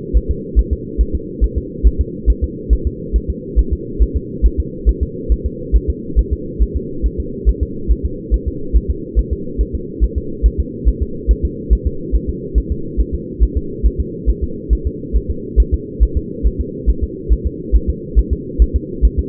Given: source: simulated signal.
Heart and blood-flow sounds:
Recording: fetal heart sounds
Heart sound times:
0.17 s: S1
0.31 s: S2
0.59 s: S1
0.73 s: S2
1.01 s: S1
1.15 s: S2
1.44 s: S1
1.58 s: S2
1.87 s: S1
2.01 s: S2
2.30 s: S1
2.44 s: S2
2.73 s: S1
2.87 s: S2
3.16 s: S1
3.30 s: S2
3.59 s: S1
3.73 s: S2
4.02 s: S1
4.16 s: S2
4.46 s: S1
4.60 s: S2
4.89 s: S1
5.03 s: S2
5.32 s: S1
5.46 s: S2
5.76 s: S1
5.90 s: S2
6.19 s: S1
6.33 s: S2
6.62 s: S1
6.77 s: S2
7.06 s: S1
7.20 s: S2
7.49 s: S1
7.63 s: S2
7.91 s: S1
8.05 s: S2
8.34 s: S1
8.48 s: S2
8.76 s: S1
8.90 s: S2
9.19 s: S1
9.33 s: S2
9.61 s: S1
9.75 s: S2
10.04 s: S1
10.18 s: S2
10.46 s: S1
10.60 s: S2
10.88 s: S1
11.02 s: S2
11.31 s: S1
11.45 s: S2
11.73 s: S1
11.87 s: S2
12.15 s: S1
12.30 s: S2
12.58 s: S1
12.72 s: S2
13.00 s: S1
13.14 s: S2
13.43 s: S1
13.57 s: S2
13.86 s: S1
14.00 s: S2
14.30 s: S1
14.44 s: S2
14.73 s: S1
14.87 s: S2
15.16 s: S1
15.30 s: S2
15.60 s: S1
15.74 s: S2
16.03 s: S1
16.17 s: S2
16.47 s: S1
16.60 s: S2
16.90 s: S1
17.04 s: S2
17.33 s: S1
17.47 s: S2
17.76 s: S1
17.90 s: S2
18.19 s: S1
18.33 s: S2
18.62 s: S1
18.76 s: S2
19.05 s: S1
19.19 s: S2
From the record:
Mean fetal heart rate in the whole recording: 140 bpm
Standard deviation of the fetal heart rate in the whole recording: 2 bpm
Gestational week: 34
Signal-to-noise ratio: -4.3 dB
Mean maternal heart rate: 72 bpm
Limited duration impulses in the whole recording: absent

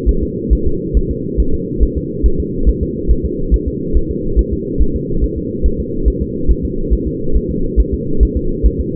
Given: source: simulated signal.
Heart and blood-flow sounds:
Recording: fetal heart sounds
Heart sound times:
0.09 s: S1
0.23 s: S2
0.53 s: S1
0.67 s: S2
0.97 s: S1
1.11 s: S2
1.40 s: S1
1.54 s: S2
1.83 s: S1
1.97 s: S2
2.26 s: S1
2.40 s: S2
2.69 s: S1
2.83 s: S2
3.11 s: S1
3.25 s: S2
3.54 s: S1
3.68 s: S2
3.97 s: S1
4.11 s: S2
4.39 s: S1
4.53 s: S2
4.82 s: S1
4.96 s: S2
5.24 s: S1
5.38 s: S2
5.66 s: S1
5.80 s: S2
6.08 s: S1
6.22 s: S2
6.51 s: S1
6.65 s: S2
6.93 s: S1
7.08 s: S2
7.36 s: S1
7.51 s: S2
7.80 s: S1
7.94 s: S2
8.23 s: S1
8.37 s: S2
8.66 s: S1
8.81 s: S2
From the record:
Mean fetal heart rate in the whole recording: 140 bpm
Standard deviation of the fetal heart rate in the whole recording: 2 bpm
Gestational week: 34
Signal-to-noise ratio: -8.1 dB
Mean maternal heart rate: 72 bpm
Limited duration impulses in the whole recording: absent

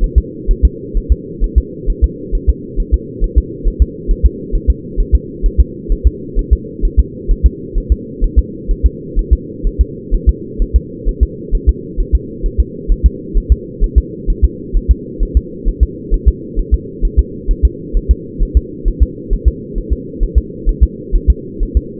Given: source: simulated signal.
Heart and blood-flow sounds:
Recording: fetal heart sounds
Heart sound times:
0.04 s: S1
0.18 s: S2
0.51 s: S1
0.65 s: S2
0.97 s: S1
1.12 s: S2
1.44 s: S1
1.58 s: S2
1.90 s: S1
2.04 s: S2
2.35 s: S1
2.49 s: S2
2.80 s: S1
2.94 s: S2
3.24 s: S1
3.38 s: S2
3.67 s: S1
3.82 s: S2
4.11 s: S1
4.26 s: S2
4.55 s: S1
4.70 s: S2
5.00 s: S1
5.15 s: S2
5.46 s: S1
5.60 s: S2
5.92 s: S1
6.07 s: S2
6.39 s: S1
6.53 s: S2
6.85 s: S1
7.00 s: S2
7.31 s: S1
7.46 s: S2
7.78 s: S1
7.92 s: S2
8.24 s: S1
8.39 s: S2
8.71 s: S1
8.86 s: S2
9.19 s: S1
9.33 s: S2
9.67 s: S1
9.81 s: S2
10.14 s: S1
10.29 s: S2
10.62 s: S1
10.76 s: S2
11.09 s: S1
11.23 s: S2
11.55 s: S1
11.69 s: S2
12.00 s: S1
12.15 s: S2
12.46 s: S1
12.60 s: S2
12.92 s: S1
13.06 s: S2
13.38 s: S1
13.52 s: S2
13.84 s: S1
13.98 s: S2
14.30 s: S1
14.45 s: S2
14.77 s: S1
14.91 s: S2
15.23 s: S1
15.37 s: S2
15.69 s: S1
15.83 s: S2
16.14 s: S1
16.28 s: S2
16.59 s: S1
16.74 s: S2
17.05 s: S1
17.19 s: S2
17.51 s: S1
17.65 s: S2
17.97 s: S1
18.11 s: S2
18.43 s: S1
18.57 s: S2
18.88 s: S1
19.02 s: S2
19.33 s: S1
19.48 s: S2
19.78 s: S1
19.93 s: S2
20.23 s: S1
20.38 s: S2
20.69 s: S1
20.83 s: S2
21.16 s: S1
21.30 s: S2
21.63 s: S1
21.77 s: S2
From the record:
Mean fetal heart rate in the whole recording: 130 bpm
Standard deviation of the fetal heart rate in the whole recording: 4 bpm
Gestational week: 38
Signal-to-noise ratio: -4.1 dB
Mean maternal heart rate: no maternal heart sound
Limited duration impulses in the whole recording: absent

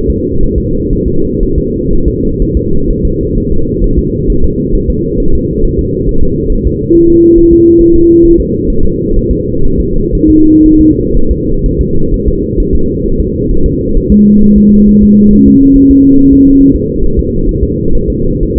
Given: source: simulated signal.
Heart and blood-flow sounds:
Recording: fetal heart sounds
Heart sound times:
0.10 s: S2
0.43 s: S1
0.58 s: S2
0.93 s: S1
1.08 s: S2
1.43 s: S1
1.58 s: S2
1.93 s: S1
2.08 s: S2
2.42 s: S1
2.57 s: S2
2.91 s: S1
3.05 s: S2
3.38 s: S1
3.52 s: S2
3.84 s: S1
3.99 s: S2
4.30 s: S1
4.44 s: S2
4.75 s: S1
4.90 s: S2
5.20 s: S1
5.35 s: S2
5.65 s: S1
5.79 s: S2
6.09 s: S1
6.23 s: S2
6.52 s: S1
6.67 s: S2
6.95 s: S1
7.10 s: S2
7.38 s: S1
7.53 s: S2
7.81 s: S1
7.96 s: S2
8.25 s: S1
8.40 s: S2
8.70 s: S1
8.85 s: S2
9.17 s: S1
9.31 s: S2
9.65 s: S1
9.80 s: S2
10.15 s: S1
10.30 s: S2
10.66 s: S1
10.81 s: S2
11.17 s: S1
11.31 s: S2
11.66 s: S1
11.81 s: S2
12.14 s: S1
12.28 s: S2
12.60 s: S1
12.75 s: S2
13.06 s: S1
13.20 s: S2
13.51 s: S1
13.66 s: S2
13.97 s: S1
14.12 s: S2
14.43 s: S1
14.58 s: S2
14.89 s: S1
15.03 s: S2
15.33 s: S1
15.48 s: S2
15.76 s: S1
15.91 s: S2
16.19 s: S1
16.33 s: S2
16.61 s: S1
16.76 s: S2
17.04 s: S1
17.19 s: S2
17.49 s: S1
17.63 s: S2
17.95 s: S1
18.10 s: S2
18.43 s: S1
18.58 s: S2
From the record:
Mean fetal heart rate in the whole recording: 130 bpm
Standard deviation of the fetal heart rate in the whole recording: 4 bpm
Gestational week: 38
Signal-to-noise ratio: -19.1 dB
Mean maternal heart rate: 72 bpm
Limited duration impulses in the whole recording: present

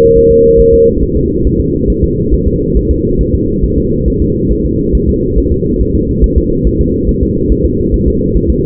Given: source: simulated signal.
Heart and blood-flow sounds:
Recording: fetal heart sounds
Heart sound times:
0.18 s: S1
0.31 s: S2
0.60 s: S1
0.74 s: S2
1.03 s: S1
1.17 s: S2
1.47 s: S1
1.60 s: S2
1.90 s: S1
2.04 s: S2
2.34 s: S1
2.47 s: S2
2.77 s: S1
2.91 s: S2
3.21 s: S1
3.35 s: S2
3.64 s: S1
3.78 s: S2
4.08 s: S1
4.22 s: S2
4.52 s: S1
4.65 s: S2
4.95 s: S1
5.09 s: S2
5.38 s: S1
5.52 s: S2
5.81 s: S1
5.95 s: S2
6.24 s: S1
6.38 s: S2
6.67 s: S1
6.81 s: S2
7.09 s: S1
7.23 s: S2
7.52 s: S1
7.66 s: S2
7.94 s: S1
8.08 s: S2
8.37 s: S1
8.50 s: S2
From the record:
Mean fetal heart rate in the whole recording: 140 bpm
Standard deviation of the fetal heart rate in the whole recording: 2 bpm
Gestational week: 34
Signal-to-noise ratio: -14.7 dB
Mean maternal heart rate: 72 bpm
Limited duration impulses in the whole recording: present

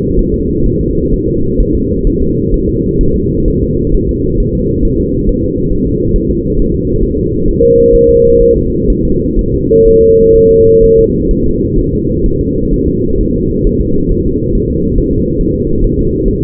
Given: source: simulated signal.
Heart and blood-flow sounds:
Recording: fetal heart sounds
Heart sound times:
0.19 s: S1
0.34 s: S2
0.66 s: S1
0.81 s: S2
1.13 s: S1
1.28 s: S2
1.60 s: S1
1.75 s: S2
2.07 s: S1
2.22 s: S2
2.54 s: S1
2.69 s: S2
3.01 s: S1
3.16 s: S2
3.48 s: S1
3.63 s: S2
3.94 s: S1
4.09 s: S2
4.40 s: S1
4.55 s: S2
4.85 s: S1
5.00 s: S2
5.29 s: S1
5.44 s: S2
5.73 s: S1
5.87 s: S2
6.16 s: S1
6.31 s: S2
6.59 s: S1
6.74 s: S2
7.03 s: S1
7.18 s: S2
7.48 s: S1
7.63 s: S2
7.95 s: S1
8.09 s: S2
8.42 s: S1
8.57 s: S2
8.90 s: S1
9.05 s: S2
9.39 s: S1
9.54 s: S2
9.87 s: S1
10.02 s: S2
10.36 s: S1
10.51 s: S2
10.84 s: S1
10.98 s: S2
11.31 s: S1
11.46 s: S2
11.79 s: S1
11.93 s: S2
12.26 s: S1
12.41 s: S2
12.74 s: S1
12.88 s: S2
13.21 s: S1
13.35 s: S2
13.67 s: S1
13.81 s: S2
14.12 s: S1
14.26 s: S2
14.55 s: S1
14.70 s: S2
14.98 s: S1
15.13 s: S2
15.41 s: S1
15.56 s: S2
15.84 s: S1
15.99 s: S2
16.28 s: S1
16.43 s: S2
From the record:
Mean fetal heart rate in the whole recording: 130 bpm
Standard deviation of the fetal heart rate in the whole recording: 4 bpm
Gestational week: 38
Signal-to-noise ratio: -15.3 dB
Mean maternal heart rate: 72 bpm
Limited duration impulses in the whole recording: present

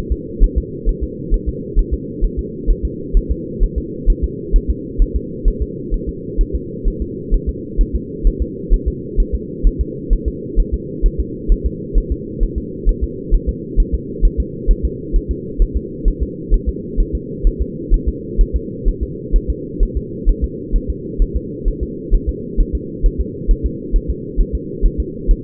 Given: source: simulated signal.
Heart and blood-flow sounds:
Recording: fetal heart sounds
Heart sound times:
0.12 s: S2
0.44 s: S1
0.58 s: S2
0.89 s: S1
1.04 s: S2
1.34 s: S1
1.49 s: S2
1.79 s: S1
1.94 s: S2
2.25 s: S1
2.39 s: S2
2.71 s: S1
2.85 s: S2
3.17 s: S1
3.31 s: S2
3.63 s: S1
3.78 s: S2
4.10 s: S1
4.24 s: S2
4.56 s: S1
4.70 s: S2
5.02 s: S1
5.16 s: S2
5.48 s: S1
5.62 s: S2
5.94 s: S1
6.09 s: S2
6.41 s: S1
6.55 s: S2
6.88 s: S1
7.02 s: S2
7.34 s: S1
7.49 s: S2
7.81 s: S1
7.95 s: S2
8.27 s: S1
8.42 s: S2
8.74 s: S1
8.88 s: S2
9.20 s: S1
9.35 s: S2
9.67 s: S1
9.81 s: S2
10.13 s: S1
10.28 s: S2
10.60 s: S1
10.74 s: S2
11.06 s: S1
11.20 s: S2
11.52 s: S1
11.66 s: S2
11.98 s: S1
12.12 s: S2
12.43 s: S1
12.58 s: S2
12.89 s: S1
13.04 s: S2
13.35 s: S1
13.49 s: S2
13.80 s: S1
13.94 s: S2
14.25 s: S1
14.40 s: S2
14.71 s: S1
14.85 s: S2
15.16 s: S1
15.31 s: S2
15.62 s: S1
15.77 s: S2
16.08 s: S1
16.23 s: S2
16.54 s: S1
16.69 s: S2
17.00 s: S1
17.15 s: S2
17.47 s: S1
17.62 s: S2
17.94 s: S1
18.08 s: S2
18.41 s: S1
18.56 s: S2
18.88 s: S1
19.03 s: S2
19.36 s: S1
19.50 s: S2
19.83 s: S1
19.97 s: S2
20.29 s: S1
20.44 s: S2
20.76 s: S1
20.90 s: S2
21.22 s: S1
21.37 s: S2
21.68 s: S1
21.83 s: S2
22.14 s: S1
22.29 s: S2
22.60 s: S1
22.75 s: S2
23.06 s: S1
23.21 s: S2
23.51 s: S1
23.66 s: S2
23.96 s: S1
24.10 s: S2
24.41 s: S1
24.55 s: S2
24.86 s: S1
25.00 s: S2
25.31 s: S1
From the record:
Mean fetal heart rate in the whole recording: 130 bpm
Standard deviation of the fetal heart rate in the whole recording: 2 bpm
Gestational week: 38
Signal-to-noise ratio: -4.1 dB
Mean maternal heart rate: no maternal heart sound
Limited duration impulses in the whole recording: absent

